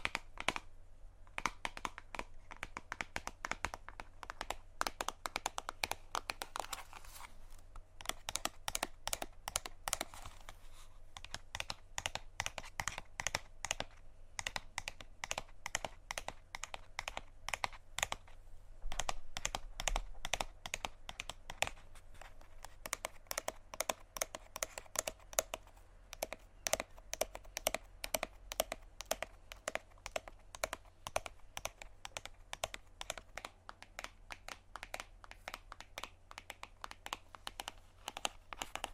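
Fingers tap on random objects in a quick, busy stream of sharp clicks that runs the whole time, with short bursts and brief pauses. The taps sound crisp, some with a faint crinkly edge, over a steady low hum.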